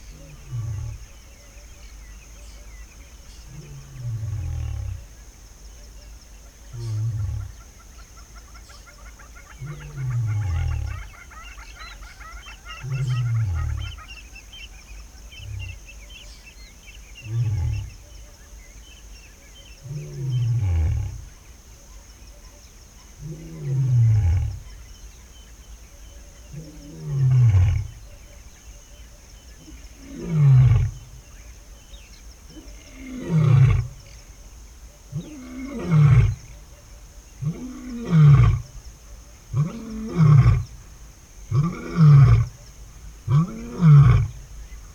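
A male lion roars in a long series of deep grunting calls, quickening toward the end, over a thin chorus of birds.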